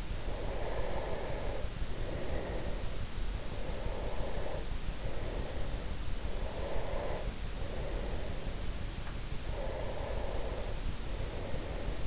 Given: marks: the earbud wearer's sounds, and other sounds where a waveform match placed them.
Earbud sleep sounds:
sounds in sleep by an in-ear microphone; breath
0.00-6.09 s: breath
6.35-8.77 s: breath
9.30-12.07 s: breath

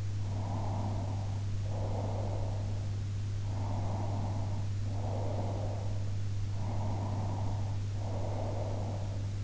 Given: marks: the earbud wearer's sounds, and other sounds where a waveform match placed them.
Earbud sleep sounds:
sounds in sleep by an in-ear microphone; breath
0.42-3.10 s: breath
3.47-5.89 s: breath
6.56-9.44 s: breath

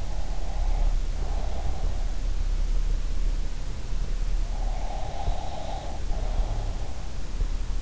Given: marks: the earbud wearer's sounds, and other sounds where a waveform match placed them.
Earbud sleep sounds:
sounds in sleep by an in-ear microphone; breath
0.00-1.92 s: breath
4.84-6.81 s: breath

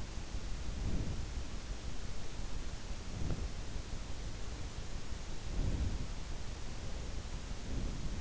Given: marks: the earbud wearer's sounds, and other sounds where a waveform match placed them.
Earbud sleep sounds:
sounds in sleep by an in-ear microphone; breath
0.72-1.20 s: breath
5.45-5.97 s: breath

